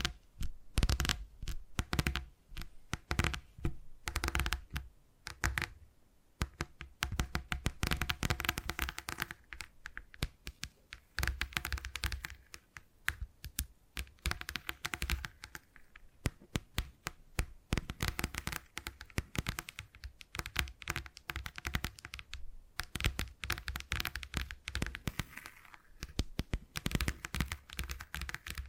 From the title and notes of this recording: ASMR Brain Tingly Tapping Sounds for Sleep (No Talking).